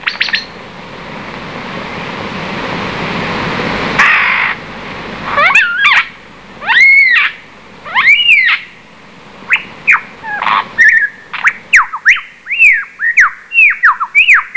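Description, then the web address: Lyrebird singing after a hissy start: arched, slurred whistles give way to a quickening series of bright notes dropping in pitch, repeated rapidly to the end. "coenelemans lyrebird"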